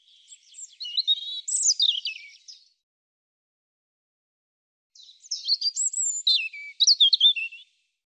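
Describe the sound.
European robin song: two high, tumbling warbled phrases of thin whistles and trills, each about two and a half seconds, separated by a pause of over two seconds.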